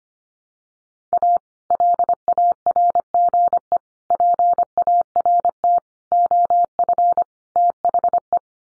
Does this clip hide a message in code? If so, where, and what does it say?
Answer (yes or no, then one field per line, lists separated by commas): yes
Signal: Morse code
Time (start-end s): 1.1-8.4 s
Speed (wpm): 25 wpm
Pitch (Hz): 700 Hz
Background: none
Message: A LARGE PART OF THE